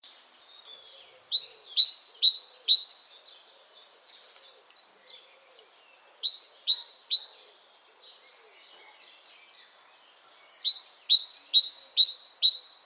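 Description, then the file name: Great tit calls in three short bursts of four to six sharp, ringing notes, preceded by a brief buzzy trill, with quiet pauses between bursts. "Parus major"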